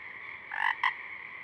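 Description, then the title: Pacific chorus frog giving a single two-part ribbit over a steady frog chorus hum. A few Pacific chorus frogs singing at dusk; recorded through a parabolic reflector, simultaneously with a double mid-side rig 50 feet away. "Pacific Chorus Frogs (Pseudacris regilla), dusk, Parabolic"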